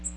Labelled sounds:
Magnolia Warbler (Setophaga magnolia) flight call

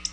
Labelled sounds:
Black-throated Blue Warbler (Setophaga caerulescens) flight call

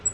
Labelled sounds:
Black-throated Green Warbler (Setophaga virens) flight call

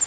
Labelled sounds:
Pine Warbler (Setophaga pinus) flight call

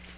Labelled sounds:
Magnolia Warbler (Setophaga magnolia) flight call

